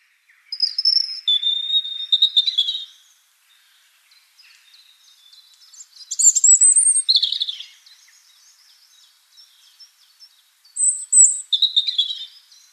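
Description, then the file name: European robin delivering three separate high phrases of sweet whistles and twittering notes, each separated by a few seconds of quiet. "Erithacus rubecula"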